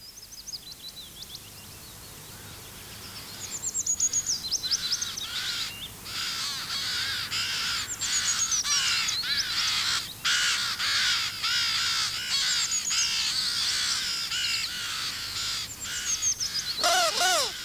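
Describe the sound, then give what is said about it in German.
A flock of ravens sitting on tree branches caws in a dense, overlapping chorus of harsh, rasping calls that keeps going without pause after a quiet first few seconds. No one speaks. “Raben sitzen auf den Zweigen, aber eigentlich sind es Gespenster.”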